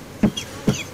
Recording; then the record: coughing mixed with background sound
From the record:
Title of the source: Dry Coughing Fit in the Afternoon.